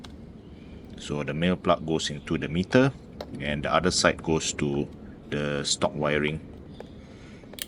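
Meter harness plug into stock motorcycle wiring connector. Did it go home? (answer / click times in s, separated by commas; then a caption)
yes / 7.6 s. Someone talks while the male plug of an aftermarket KOSO RX4 meter harness is pushed into the matching female plug on the stock wiring of a Gen 2 Hayabusa GSX1300R motorcycle. A sharp, loud click at 7.6 s marks the connector latching, and the plug is seated.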